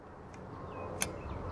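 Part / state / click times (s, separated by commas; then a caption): wiper blade onto wiper arm hook / seated / 1.0 s. A second new wiper blade is put over the top of the hook on the wiper arm and pulled up until it seats. Over a low background rumble, a single short, sharp click sounds at 1.0 s as it snaps into place, confirming the blade is seated.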